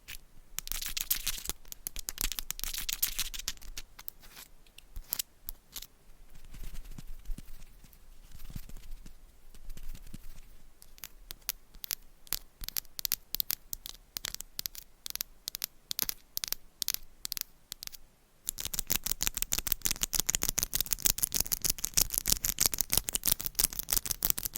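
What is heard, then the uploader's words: Crisp tapping and scratching, with quick clicky strikes in dense runs and brighter hissing scrapes at the start. A quieter middle stretch has sparser taps. Near 18 seconds the sound turns into a steady, bright, rapid scratching. Scratching , Tapping & Massage with DIFFERENT Mics , Items & Nails No Talking.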